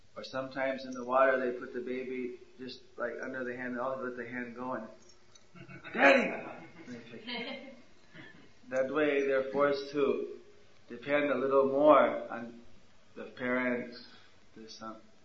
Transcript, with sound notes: or sometimes in the water they put the baby just like under the hand, they all let the hand go, “Daddy!” (devotees laughing) that way they’re forced to depend a little more on the parents, or something,